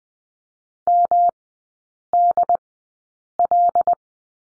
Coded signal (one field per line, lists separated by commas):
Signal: Morse code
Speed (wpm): 20 wpm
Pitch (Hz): 700 Hz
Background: none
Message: MDL